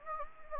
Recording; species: mosquito wingbeat signal from an infrared sensor; Anopheles gambiae